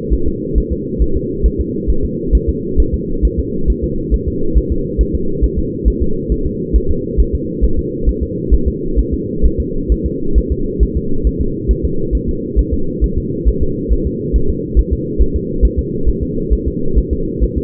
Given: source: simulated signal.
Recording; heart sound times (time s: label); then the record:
fetal heart sounds
0.13 s: S1
0.28 s: S2
0.58 s: S1
0.73 s: S2
1.02 s: S1
1.17 s: S2
1.46 s: S1
1.61 s: S2
1.90 s: S1
2.05 s: S2
2.35 s: S1
2.49 s: S2
2.80 s: S1
2.94 s: S2
3.25 s: S1
3.39 s: S2
3.70 s: S1
3.84 s: S2
4.14 s: S1
4.28 s: S2
4.58 s: S1
4.72 s: S2
5.01 s: S1
5.15 s: S2
5.44 s: S1
5.59 s: S2
5.88 s: S1
6.02 s: S2
6.32 s: S1
6.46 s: S2
6.76 s: S1
6.91 s: S2
7.20 s: S1
7.35 s: S2
7.64 s: S1
7.79 s: S2
8.09 s: S1
8.23 s: S2
8.54 s: S1
8.68 s: S2
8.99 s: S1
9.14 s: S2
9.46 s: S1
9.60 s: S2
9.92 s: S1
10.06 s: S2
10.38 s: S1
10.52 s: S2
10.83 s: S1
10.97 s: S2
11.27 s: S1
11.41 s: S2
11.71 s: S1
11.85 s: S2
12.15 s: S1
12.29 s: S2
12.59 s: S1
12.74 s: S2
13.04 s: S1
13.18 s: S2
13.49 s: S1
13.63 s: S2
13.93 s: S1
14.07 s: S2
14.36 s: S1
14.50 s: S2
14.79 s: S1
14.93 s: S2
15.22 s: S1
15.36 s: S2
15.65 s: S1
15.79 s: S2
16.09 s: S1
16.23 s: S2
16.53 s: S1
16.68 s: S2
16.98 s: S1
17.13 s: S2
17.44 s: S1
17.58 s: S2
From the record:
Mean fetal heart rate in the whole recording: 135 bpm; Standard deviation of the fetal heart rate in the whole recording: 3 bpm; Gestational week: 34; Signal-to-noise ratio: -8.1 dB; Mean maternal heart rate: 72 bpm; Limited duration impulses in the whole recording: absent